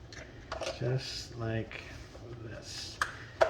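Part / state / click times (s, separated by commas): plastic mirror component into side mirror housing / seated / 3.0 s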